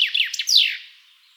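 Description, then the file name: Common chaffinch song fragment: a few high, quick descending notes ending in a bright downslurred flourish, with nothing else audible. "Fringilla coelebs"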